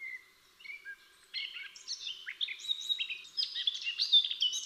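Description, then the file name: Eurasian blackcap song: a few thin, drawn-out notes lead into a chattering warble that strengthens toward the close. "Sylvia atricapilla"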